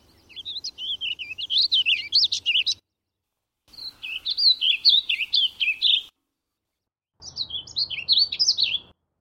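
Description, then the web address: Warbling vireo singing three rambling, warbled phrases of about two seconds each, quickly rising and falling, with short silent gaps between them. "Thumbs Plus Zoo Field Guide Repository Sounds"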